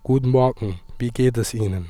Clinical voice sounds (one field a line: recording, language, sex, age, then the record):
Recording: spoken sentence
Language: German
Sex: male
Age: 20 to 29 years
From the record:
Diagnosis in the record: healthy voice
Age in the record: 24 years